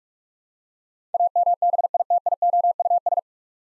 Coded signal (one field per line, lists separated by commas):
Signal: Morse code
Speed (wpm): 42 wpm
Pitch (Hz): 700 Hz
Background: none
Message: AMBITIOUS